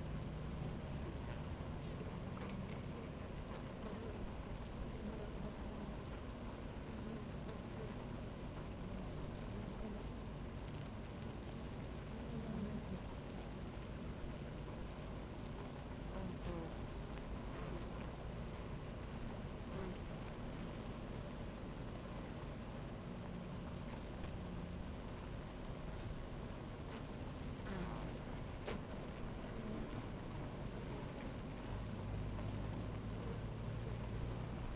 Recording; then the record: honeybee colony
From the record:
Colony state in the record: active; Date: 28 July 2017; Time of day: 11:53